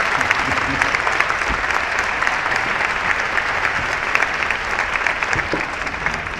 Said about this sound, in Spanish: un aplauso para Agustín, que está por allá atrás